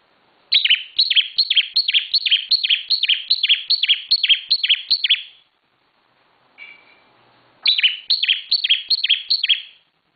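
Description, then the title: Bar-winged prinia song: long unbroken run of bright, downward-sweeping notes about two and a half per second, a short pause with a faint chirp, then the same series again. Intended for training cage birds. "Suara Ciblek Semi"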